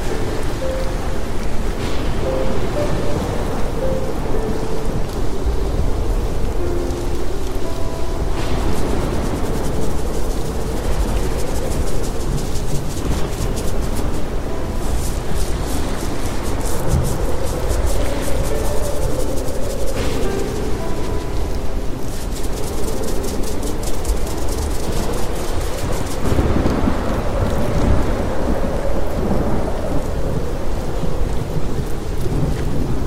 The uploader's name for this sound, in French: Sons de TEMPÊTE, triggers ASMR, douce mélodie au PIANO